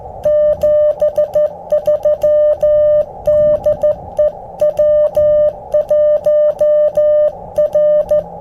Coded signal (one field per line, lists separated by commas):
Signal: Morse code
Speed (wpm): 14 wpm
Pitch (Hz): 600 Hz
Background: music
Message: 73 DE W1R